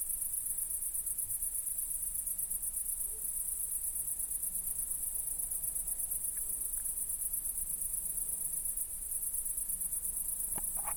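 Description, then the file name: Crickets chirping in a steady, very high, rapidly pulsed trill that runs without a break, with a few faint clicks near the end. "Grillons"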